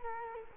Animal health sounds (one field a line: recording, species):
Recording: mosquito wingbeat signal from an infrared sensor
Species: Culex quinquefasciatus